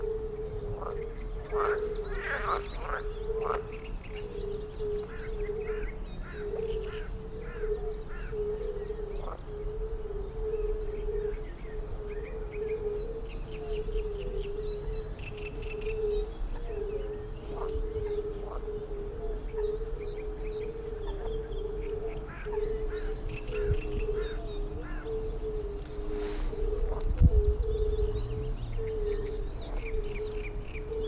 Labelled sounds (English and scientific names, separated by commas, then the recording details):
Fire-Bellied Toad (Bombina bombina)
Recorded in the wild
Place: Linum, Brandenburg, DE
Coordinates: 52.76, 12.88
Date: 1995-06-03 20:17
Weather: heiter, 15°C
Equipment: Marantz CP 430, Sennheiser ME 80, Kopie Uher 4000 Report Monitor
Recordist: Tembrock, Günter